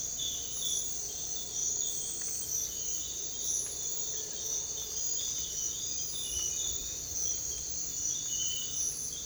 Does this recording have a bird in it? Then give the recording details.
no. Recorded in secondary vegetation near Puerto Asís, Putumayo, Colombia, on 21 December 2024 at 06:00. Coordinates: 0.484, -76.319. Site GP06